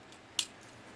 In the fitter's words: rotate that around. That locks into place.